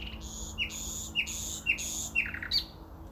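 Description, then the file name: Common nightingale song, a series of about five loud, slurred whistled notes, each dropping slightly, delivered in quick succession. "Luscinia megarhynchos"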